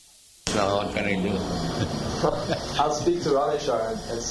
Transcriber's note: laughs